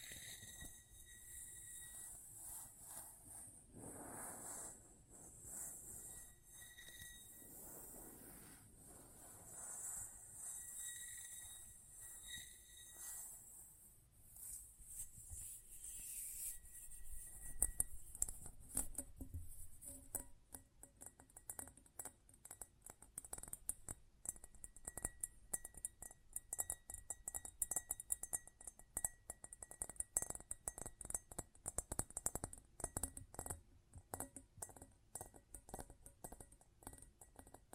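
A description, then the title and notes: Close metallic sounds, opening with a steady high hiss, a thin ringing tone and a few soft swelling whooshes. After about seventeen seconds it turns into a dense, fast rattle of small clicks and taps that continues unevenly to the end. ASMR Close Up Metallic Sounds (No Talking).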